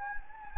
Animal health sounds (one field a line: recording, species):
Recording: mosquito wingbeat signal from an infrared sensor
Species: Anopheles gambiae